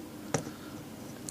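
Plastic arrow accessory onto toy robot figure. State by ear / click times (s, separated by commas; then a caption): seated / 0.3 s. A plastic arrow or missile accessory is slid onto the end of a transforming toy robot figure and snaps into place with a sharp click at 0.3 s. A fainter tick follows at 1.3 s, and the accessory is seated.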